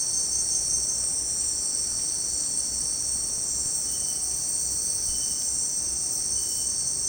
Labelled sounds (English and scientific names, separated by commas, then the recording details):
none
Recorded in secondary vegetation near Puerto Asís, Putumayo, Colombia, on 29 June 2025 at 17:30
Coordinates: 0.484, -76.319
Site G074